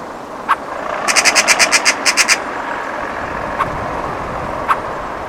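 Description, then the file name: Eurasian magpie giving a harsh, rattling chatter of rapid notes, with a few single clicks before and after, over a steady, loud background roar. "Pica pica"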